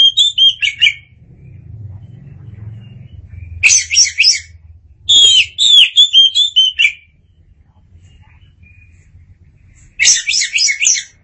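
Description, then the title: Oriental magpie-robin singing loud, varied phrases of rapid whistled and scratchy notes, delivered in bursts separated by pauses of up to about three seconds, over a soft low rumble. "Suara Kicauan Burung Kacer"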